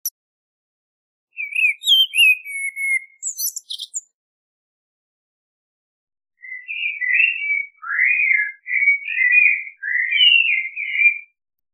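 Common blackbird singing two phrases: a short whistle with a high twittery finish, then after a pause a longer slow run of soft fluty warbled notes.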